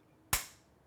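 A camera plate on an OConnor Ultimate 2575D system, having snapped back only partway onto its sliding plate, is pushed fully home and gives a single sharp click at 0.3 s that fades out over about a quarter second. The camera plate ends up fully seated and secured on the slide plate.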